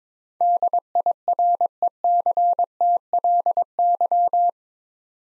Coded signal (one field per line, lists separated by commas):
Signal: Morse code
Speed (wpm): 22 wpm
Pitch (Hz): 700 Hz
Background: none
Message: DIRECTLY